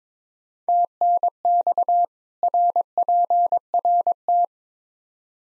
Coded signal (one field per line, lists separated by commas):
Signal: Morse code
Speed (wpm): 22 wpm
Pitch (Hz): 700 Hz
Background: none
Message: TNX RPRT